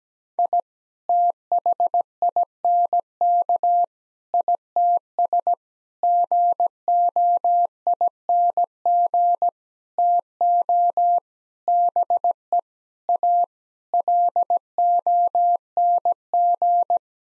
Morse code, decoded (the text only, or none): I THINK ITS GOING TO BE A LONG